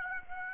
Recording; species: mosquito wingbeat signal from an infrared sensor; Aedes aegypti